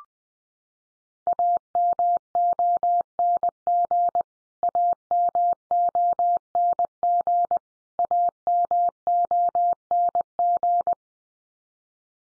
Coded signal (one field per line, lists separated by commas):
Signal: Morse code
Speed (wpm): 20 wpm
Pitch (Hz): 700 Hz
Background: none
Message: AMONG AMONG AMONG